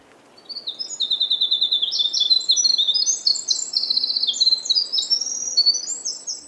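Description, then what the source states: Winter Wren song: a long, rapid, tumbling cascade of high tinkling notes and trills, running unbroken for about six seconds. Recorded in Acadia National Park, Maine, by a volunteer project documenting the park's bird sounds.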